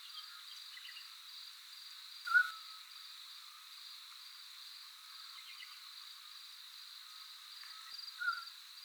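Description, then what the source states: Eurasian scops owl giving two short, clear whistled pew notes about six seconds apart over a steady high insect drone. Typical pew territorial call; 2 June 2003, 10 p.m., near Magliano in Toscana, Italy, 130 m; perched on a big oak answering another distant scops owl; cultivated fields, scattered trees near a wood.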